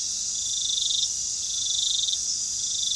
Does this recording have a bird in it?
no